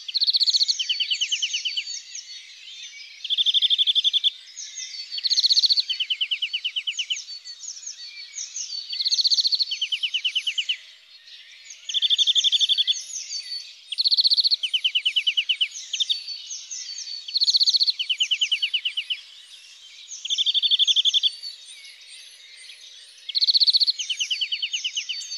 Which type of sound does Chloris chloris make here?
song